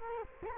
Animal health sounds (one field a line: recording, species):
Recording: mosquito wingbeat signal from an infrared sensor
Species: Culex quinquefasciatus